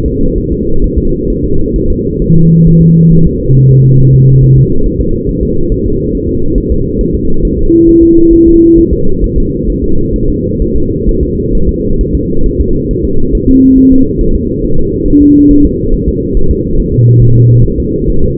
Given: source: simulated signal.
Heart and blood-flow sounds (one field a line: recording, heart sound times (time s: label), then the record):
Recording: fetal heart sounds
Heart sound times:
0.06 s: S2
0.38 s: S1
0.52 s: S2
0.84 s: S1
0.98 s: S2
1.30 s: S1
1.44 s: S2
1.76 s: S1
1.90 s: S2
2.22 s: S1
2.36 s: S2
2.67 s: S1
2.81 s: S2
3.12 s: S1
3.27 s: S2
3.57 s: S1
3.71 s: S2
4.01 s: S1
4.15 s: S2
4.44 s: S1
4.58 s: S2
4.86 s: S1
5.01 s: S2
5.29 s: S1
5.43 s: S2
5.72 s: S1
5.86 s: S2
6.15 s: S1
6.29 s: S2
6.58 s: S1
6.72 s: S2
7.01 s: S1
7.15 s: S2
7.45 s: S1
7.59 s: S2
7.89 s: S1
8.03 s: S2
8.34 s: S1
8.48 s: S2
8.79 s: S1
8.93 s: S2
9.24 s: S1
9.38 s: S2
9.70 s: S1
9.84 s: S2
10.16 s: S1
10.30 s: S2
10.62 s: S1
10.76 s: S2
11.09 s: S1
11.23 s: S2
11.55 s: S1
11.69 s: S2
12.01 s: S1
12.15 s: S2
12.46 s: S1
12.60 s: S2
12.91 s: S1
13.05 s: S2
13.35 s: S1
13.49 s: S2
13.78 s: S1
13.92 s: S2
14.21 s: S1
14.35 s: S2
14.65 s: S1
14.79 s: S2
15.08 s: S1
15.22 s: S2
15.51 s: S1
15.65 s: S2
15.94 s: S1
16.09 s: S2
16.37 s: S1
16.51 s: S2
16.80 s: S1
16.94 s: S2
17.22 s: S1
17.37 s: S2
17.65 s: S1
17.80 s: S2
18.10 s: S1
18.24 s: S2
From the record:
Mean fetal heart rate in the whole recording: 135 bpm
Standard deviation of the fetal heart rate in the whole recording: 3 bpm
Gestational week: 36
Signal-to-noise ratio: -19.1 dB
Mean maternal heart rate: 72 bpm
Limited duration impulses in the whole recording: present